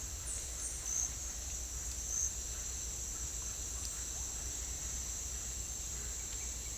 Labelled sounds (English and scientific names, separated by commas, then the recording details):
none
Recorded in dense forest near Puerto Asís, Putumayo, Colombia, on 22 December 2024 at 08:30
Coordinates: 0.486, -76.317
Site G003